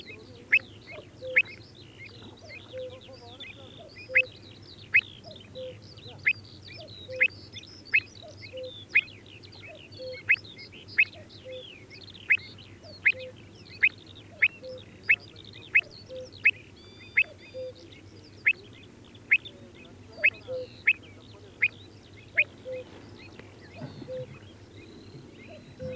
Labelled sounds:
Pied Avocet call

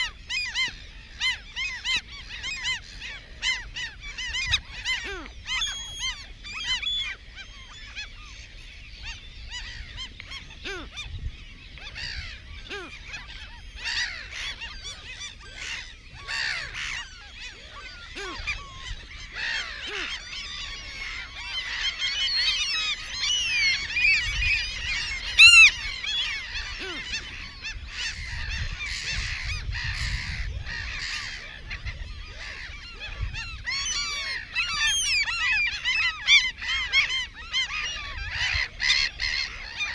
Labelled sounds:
Mediterranean Gull call

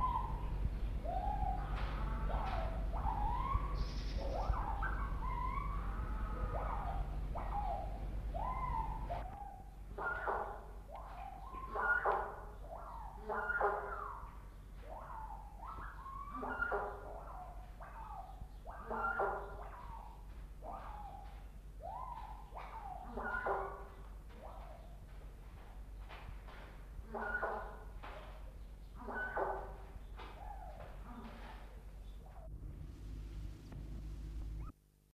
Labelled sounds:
Elegant Crested Tinamou call

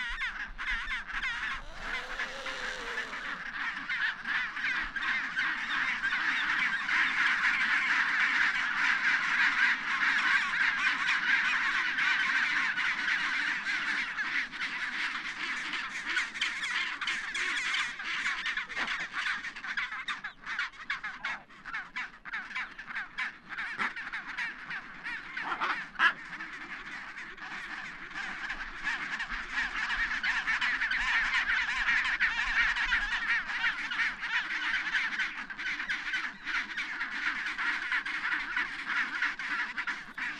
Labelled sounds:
Chinstrap Penguin call

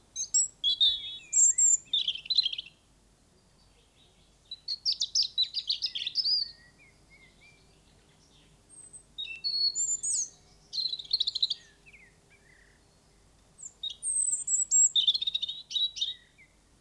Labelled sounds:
European Robin song

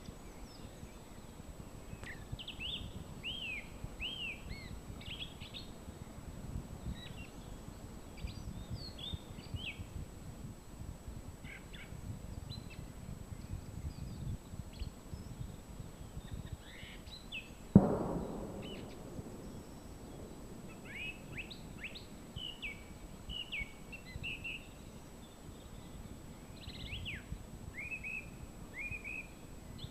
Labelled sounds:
Song Thrush song

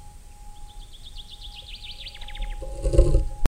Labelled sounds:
Common Chaffinch song

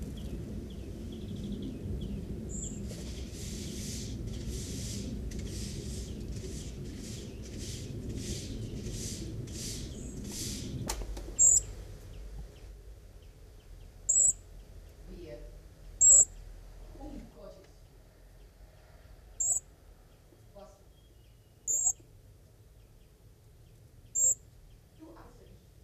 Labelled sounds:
European Greenfinch call

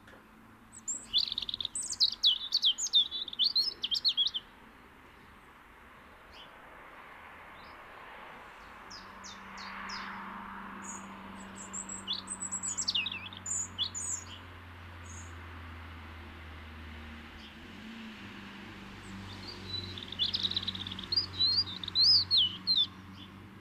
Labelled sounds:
European Robin song

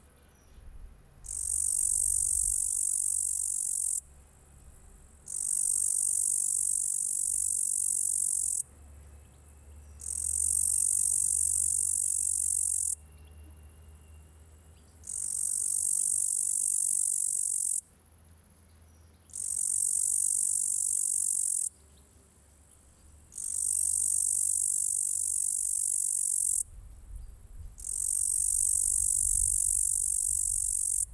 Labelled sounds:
Upland Green Bush-cricket stridulation

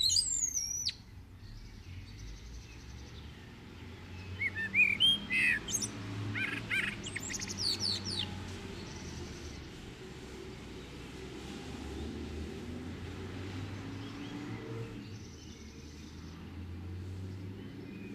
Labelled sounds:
Common Blackbird song

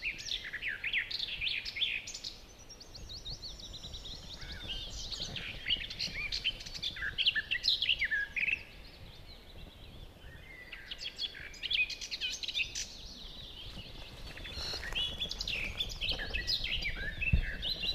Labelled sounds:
Barred Warbler song

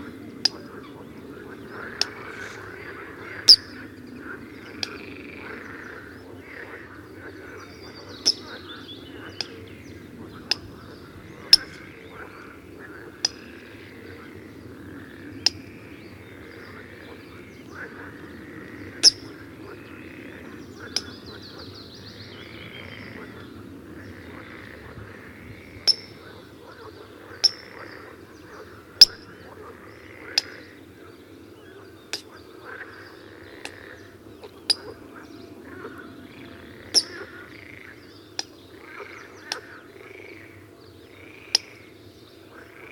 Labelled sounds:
Eurasian Coot alarm call

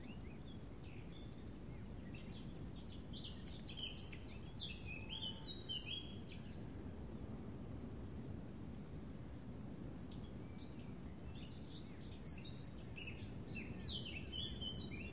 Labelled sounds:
Spotted Flycatcher call

